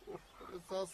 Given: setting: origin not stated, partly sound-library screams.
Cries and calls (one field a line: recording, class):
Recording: one-second piece from a danger detection set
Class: normal situation